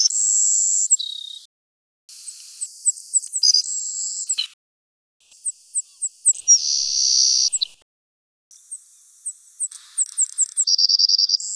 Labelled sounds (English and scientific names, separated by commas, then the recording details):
Savannah Sparrow (Passerculus sandwichensis) song
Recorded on Kent Island, New Brunswick, in 2006